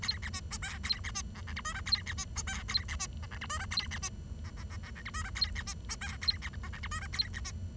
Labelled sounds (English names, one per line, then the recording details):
Bengalese Finch song
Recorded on 23 June 2012 at 09:43
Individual gr41rd51